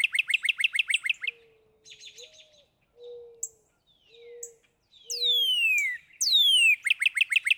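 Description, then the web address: Northern cardinal song: a quick series of slurred whistled notes, then two long, loud descending whistles. Low hooting whistles and scratchy notes sound between them. "birdsongforthecurious Northern Cardinal"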